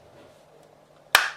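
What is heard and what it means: A box magazine is pushed up into the receiver of a Lee-Enfield bolt-action rifle, and a single sharp metallic click sounds at 1.1 s as the retention tab and spring catch. The click rings briefly over a quiet background. The magazine is properly seated.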